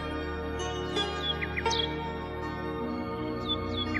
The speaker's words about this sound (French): L'empereur finit par décider d'ouvrir son palais à ses sujets pendant une journée pour que chacun puisse venir écouter le rossignol chanter.